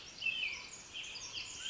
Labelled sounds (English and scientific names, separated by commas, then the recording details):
Pacific Wren (Troglodytes pacificus)
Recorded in Sonoma County, California